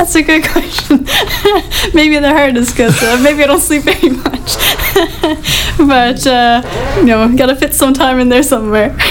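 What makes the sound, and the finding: Adult woman. Typical speech.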